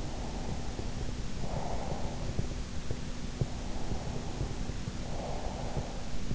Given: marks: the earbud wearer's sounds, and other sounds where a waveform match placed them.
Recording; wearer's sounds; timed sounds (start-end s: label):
sounds in sleep by an in-ear microphone; breath
0.06-2.60 s: breath
3.49-5.86 s: breath